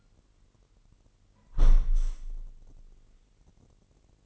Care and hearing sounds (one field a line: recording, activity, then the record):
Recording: daily activity, microphone in the room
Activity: close window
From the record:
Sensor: 4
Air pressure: 999.5 hPa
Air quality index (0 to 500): 104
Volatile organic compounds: 2 ppm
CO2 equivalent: 1029 ppm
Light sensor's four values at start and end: 12/29/12/13 and 12/28/12/13